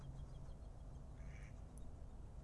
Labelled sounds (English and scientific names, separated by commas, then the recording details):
Mallard (Anas platyrhynchos)
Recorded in Germany
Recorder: ecoPi